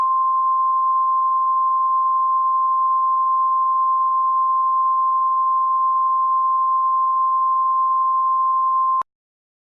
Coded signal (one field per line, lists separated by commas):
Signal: Emergency Alert System (SAME) tones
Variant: 1050 Hz attention tone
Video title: EAS Scenario: Illinois Weather Disaster